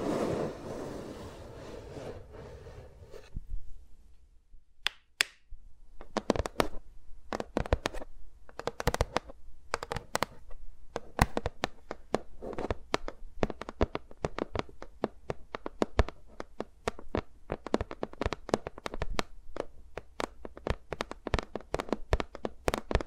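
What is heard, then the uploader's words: Fingers move around the microphones, a soft rubbing wash at first, then sharp taps and clicks that grow quicker and denser throughout. ASMR with Mics Around My Fingers (No Talking).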